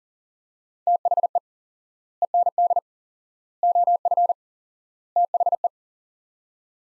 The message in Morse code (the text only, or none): THE END OF THE